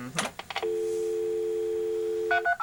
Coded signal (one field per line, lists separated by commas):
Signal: telephone call progress tone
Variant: North America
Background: speech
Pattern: dial tone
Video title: Instructional video on how to use a 300 baud modem to connect to a local bulletin board - April 1987